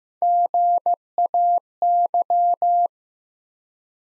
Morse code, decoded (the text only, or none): GAY